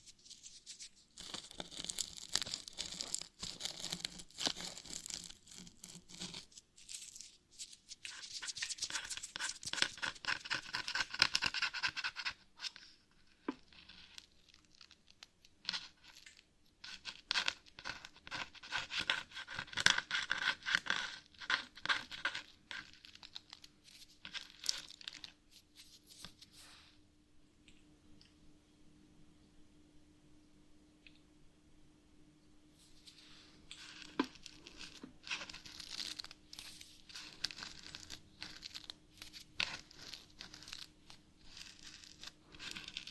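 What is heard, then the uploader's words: Scratching comes in dense, gritty bursts separated by quieter pauses, with a faint low hum showing through the middle lull. ASMR Brain Melting Scratching (No Talking).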